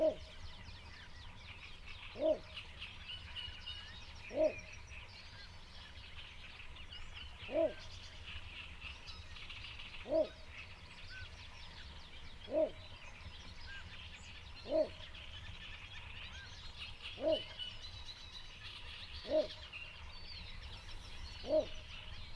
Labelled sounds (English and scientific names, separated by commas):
Little Bittern (Ixobrychus minutus)